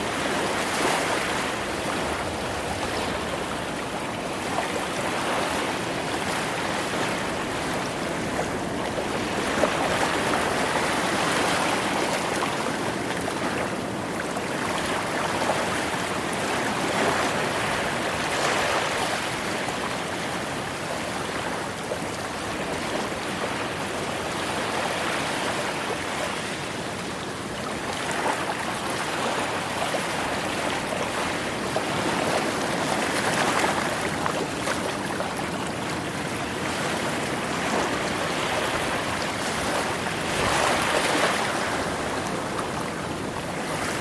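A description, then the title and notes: Ocean waves wash in a steady, dense hiss with no quiet gaps. The surf swells and eases gently every few seconds, bright and full across the range, with a soft low rumble underneath and a slightly stronger surge around the ten-second mark. Secret Beach Ocean Waves White Noise.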